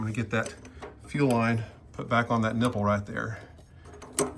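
Someone talks while trying to push the quick-connect fitting of a fuel line onto its nipple on the fuel tank of a 2023 Indian Pursuit motorcycle, and a few short, sharp sounds come near the end at about 4.0 to 4.4 s. The fitting has not clicked into place yet, so it is set aside to be cleaned and tried again, since it must be lined up properly and pushed until it clicks.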